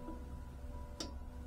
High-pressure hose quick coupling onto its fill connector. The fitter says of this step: voilà que ça se verrouille bien surtout hein.